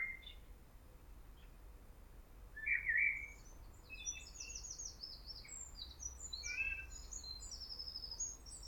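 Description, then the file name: Common blackbird song: a brief mellow whistled phrase, then a run of high, squeaky twittering notes, with steady low background noise throughout. "Turdus merula"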